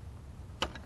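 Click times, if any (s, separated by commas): 0.6 s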